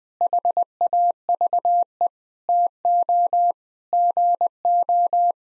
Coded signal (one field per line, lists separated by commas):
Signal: Morse code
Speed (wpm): 20 wpm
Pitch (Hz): 700 Hz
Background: none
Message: HAVE TO GO